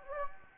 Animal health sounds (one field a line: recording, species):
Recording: mosquito wingbeat signal from an infrared sensor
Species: Anopheles gambiae